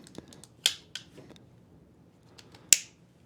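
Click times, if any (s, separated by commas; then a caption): 2.7 s. A battery pack is lined up on the back of a Retevis RT82 dual-band DMR handheld radio and slid until the clip at the bottom latches. Light taps and a couple of sharper ticks near 0.7 s and 1.0 s come before one loud, crisp click at 2.7 s. The battery is seated, confirmed as clicked into place.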